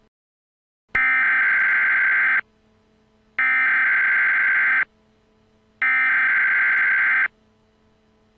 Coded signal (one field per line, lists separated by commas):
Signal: Emergency Alert System (SAME) tones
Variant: header bursts